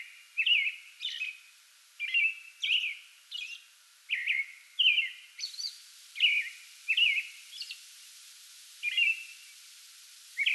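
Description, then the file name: American robin song, a steady series of whistled caroling phrases with occasional high thin notes. Singing before dawn from a small tree in a front yard, 8 May 2022. "2022-05-08 American Robin pre-dawn singing from small tree in front yard"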